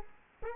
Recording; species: mosquito wingbeat signal from an infrared sensor; Culex quinquefasciatus